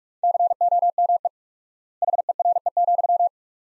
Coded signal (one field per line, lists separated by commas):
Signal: Morse code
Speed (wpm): 47 wpm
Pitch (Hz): 700 Hz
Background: none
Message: COME HERE,